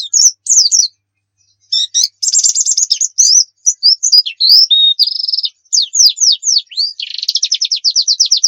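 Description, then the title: White-eye song: rapid high twittering of varied chirps, trills and slurred notes, with a short pause near one second and a fast buzzy trill at the end. Muria-type white-eye in vigorous 'gacor' song, used to train other birds to sing. "Pleci Muria Gacor"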